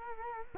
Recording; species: mosquito wingbeat signal from an infrared sensor; Culex quinquefasciatus